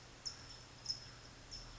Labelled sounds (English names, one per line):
California Towhee